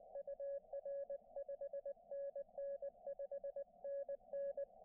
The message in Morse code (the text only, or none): UR 5NN 5NN